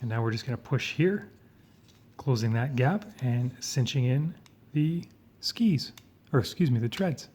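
A plastic tab on a customized action figure's gear piece, the treads, has been slotted in and is being pushed to close the gap while someone talks throughout. Nothing has seated or clicked yet.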